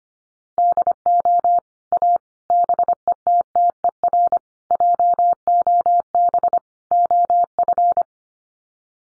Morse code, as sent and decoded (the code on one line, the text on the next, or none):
-.. --- / .- / -... . - - . .-. / .--- --- -... / --- ..-.
DO A BETTER JOB OF